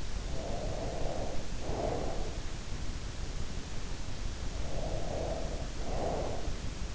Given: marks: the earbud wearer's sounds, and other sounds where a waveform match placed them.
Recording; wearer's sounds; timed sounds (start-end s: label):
sounds in sleep by an in-ear microphone; breath
0.16-2.62 s: breath
4.14-6.95 s: breath